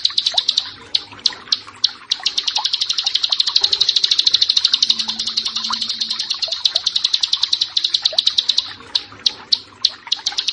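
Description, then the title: Bar-winged prinia song: scattered high chips build into a dense rapid chatter, then loosen back into separate sharp notes; faint low hum underneath. "Ciblek Sawah"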